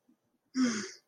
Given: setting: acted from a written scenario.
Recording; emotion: vocal sound without words; guilt